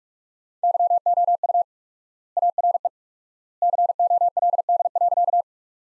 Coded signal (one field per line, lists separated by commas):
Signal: Morse code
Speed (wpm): 46 wpm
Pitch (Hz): 700 Hz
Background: none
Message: YOU ARE COLD.